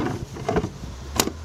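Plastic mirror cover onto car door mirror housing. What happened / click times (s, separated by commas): The plastic cover snapped into place / 1.2 s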